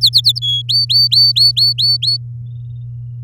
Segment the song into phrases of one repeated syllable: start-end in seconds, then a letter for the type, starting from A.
0.01-0.39 A, 0.42-0.62 B, 0.69-2.17 C